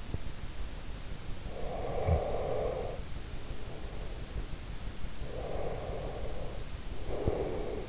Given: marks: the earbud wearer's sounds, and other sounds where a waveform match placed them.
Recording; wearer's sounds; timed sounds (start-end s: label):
sounds in sleep by an in-ear microphone; snoring breath, breath
1.42-4.50 s: snoring breath
5.10-7.85 s: breath